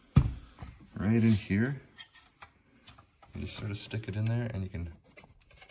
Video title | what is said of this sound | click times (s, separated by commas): VW Stereo Head Unit Multimedia Touchscreen Repair | start pushing it out, and you hear a little click and it's sort of released | 5.4 s